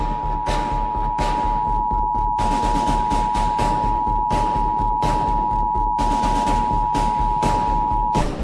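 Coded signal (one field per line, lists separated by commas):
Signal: Emergency Alert System (SAME) tones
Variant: 853 and 960 Hz attention tone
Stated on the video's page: Fictional EAS simulation on an FM radio station.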